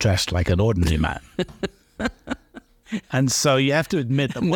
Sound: laughs